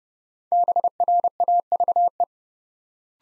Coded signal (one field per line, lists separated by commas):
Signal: Morse code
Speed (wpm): 30 wpm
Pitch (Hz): 700 Hz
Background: none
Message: BRAVE